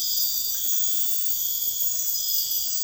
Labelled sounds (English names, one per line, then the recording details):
none
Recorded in dense forest near Puerto Asís, Putumayo, Colombia, on 19 February 2024 at 03:00
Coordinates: 0.496, -76.326
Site G6383